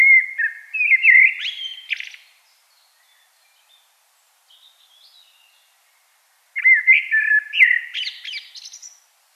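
Common blackbird delivering two loud phrases of mellow warbled whistles ending in high squeaky twitters, with a soft quiet gap between them.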